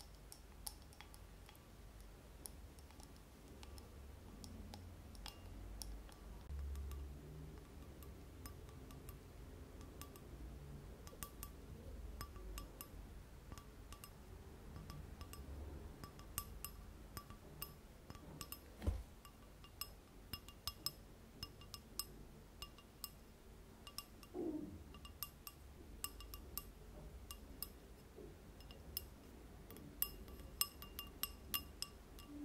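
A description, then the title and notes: Light tapping and scratching on glass and other small objects, with frequent sharp little clicks and clinks scattered throughout. A soft low rumble and rustle sit underneath, and the ticks grow denser and crisper in the last third, with an occasional brief squeak near 24 seconds. ASMR Tapping and Scratching Sounds (Glass, Sponge and Purse).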